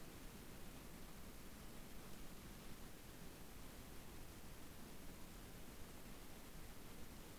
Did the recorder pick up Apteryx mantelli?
no